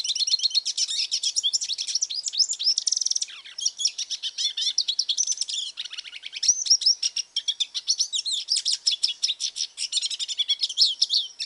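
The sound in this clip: Hooded siskin song: a long, rapid twittering stream of high buzzy trills, chirps and slurred notes, nearly continuous with a brief dip around three and a half seconds.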